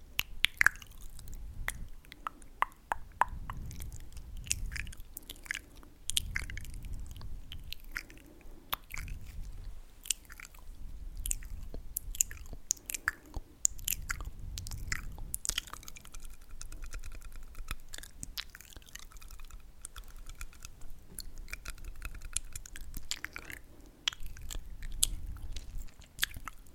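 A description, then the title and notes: Eating and mouth sounds run throughout: dense, irregular crunchy clicks and wet smacks from chewing and biting, coming several times a second. Soft low thumps swell and fade every few seconds underneath, and the pace stays busy and uneven to the end. Eating Sounds & Mouthsounds.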